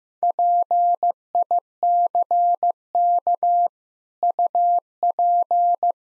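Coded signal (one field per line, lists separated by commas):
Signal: Morse code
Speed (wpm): 15 wpm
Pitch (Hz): 700 Hz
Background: none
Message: PICK UP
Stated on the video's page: Morse practice of easy sentences with contextual hints at 15 wpm.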